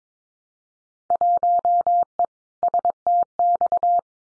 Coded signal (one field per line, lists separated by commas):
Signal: Morse code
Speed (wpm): 22 wpm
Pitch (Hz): 700 Hz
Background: none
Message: 1E STX